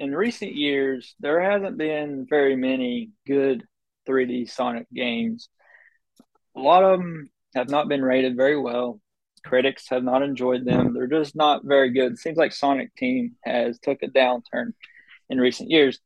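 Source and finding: Male speaker. Typical speech.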